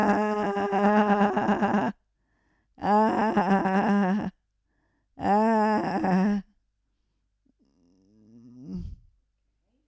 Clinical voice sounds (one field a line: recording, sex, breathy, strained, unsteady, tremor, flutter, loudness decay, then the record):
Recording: sustained vowel /a/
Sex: female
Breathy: present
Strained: present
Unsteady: absent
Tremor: present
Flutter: absent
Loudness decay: absent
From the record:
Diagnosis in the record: Parkinson's disease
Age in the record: 65 years